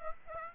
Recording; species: mosquito wingbeat signal from an infrared sensor; Aedes aegypti